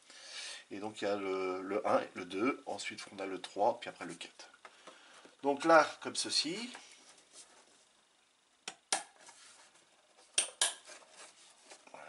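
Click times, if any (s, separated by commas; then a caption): 8.9 s, 10.6 s. Someone talks while pressing a plastic model kit part into the adjoining kit part. Sharp plastic snaps are heard at 8.9 s and 10.6 s as the part seats into place.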